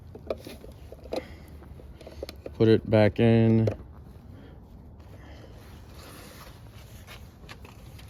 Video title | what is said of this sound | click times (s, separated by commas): How To Fix Western Snowplow Headlights | and lock it on in, snap it on in. You'll hear that click. | 0.3 s